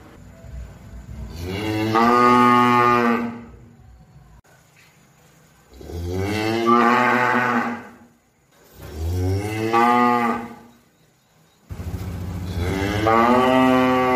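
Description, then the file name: Cow: four long moos in a row, resonant and harmonic, each swelling then fading before the next. "suara sapi"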